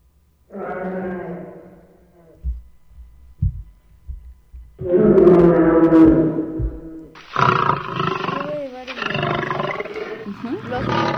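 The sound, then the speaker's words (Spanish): Young big cats roar in several loud, rough bursts, a harsh growling call, a pause with a few low thumps, then longer overlapping roars that run to the end. “Los mini gatos.”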